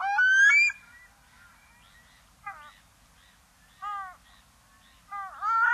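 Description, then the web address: Pacific loon: one loud call, then a few softer, downward-curving yelps spaced more than a second apart, ending in another loud call. "Songs of Birds of North America Western USA Songbirds. Pacific Loon"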